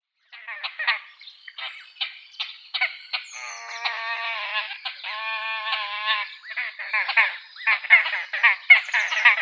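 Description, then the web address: Great crested grebe giving scattered short harsh calls, then a run of nasal, harmonic calls in the middle, ending in rough, rattling bursts. "Great Crested Grebe"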